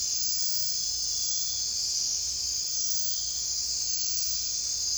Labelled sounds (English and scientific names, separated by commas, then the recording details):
none
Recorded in dense forest near Puerto Asís, Putumayo, Colombia, on 22 June 2025 at 00:00
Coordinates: 0.468, -76.322
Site GP03